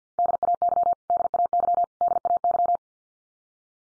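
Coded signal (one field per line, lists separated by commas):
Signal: Morse code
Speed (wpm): 50 wpm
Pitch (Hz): 700 Hz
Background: none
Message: DAY DAY DAY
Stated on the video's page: Morse head-copy drill of the 100 most common English words at 50 wpm, each word sent three times, then spoken, then sent again.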